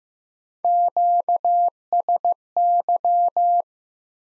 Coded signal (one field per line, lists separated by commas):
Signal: Morse code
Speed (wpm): 15 wpm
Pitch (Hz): 700 Hz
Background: none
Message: QSY